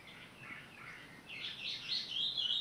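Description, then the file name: Birdsong with twittering, warbling phrases that rise and swell toward the end, over a constant low hiss. Recorded 18 April 2022. "20220418 birdsong"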